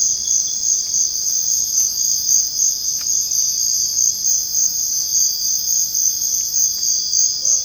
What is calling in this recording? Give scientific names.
none